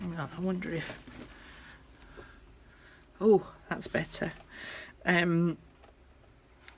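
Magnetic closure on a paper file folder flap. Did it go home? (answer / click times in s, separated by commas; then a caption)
yes / 6.7 s. Someone talks while a paper file folder flap with hidden magnets is closed. The magnetic closure catches with a small click at 6.7 s, holding the flap in place.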